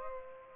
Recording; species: mosquito wingbeat signal from an infrared sensor; Culex pipiens